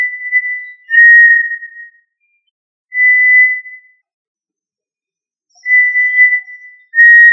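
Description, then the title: Tinamou call: pure, steady whistled notes at one pitch, each held about a second, given singly or in pairs with long silent gaps between them. "Familia Tinamidae - Quail - Puyuh"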